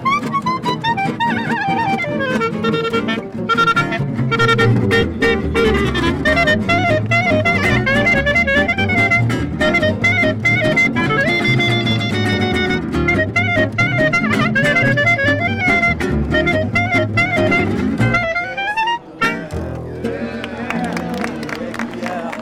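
Music plays at the Nuit Debout gathering on Place du Bouffay in Nantes: a steady, loud band sound with a regular beat, a full low end and bright melodic lines on top. Around nineteen seconds it briefly drops out, then resumes with a sparser texture.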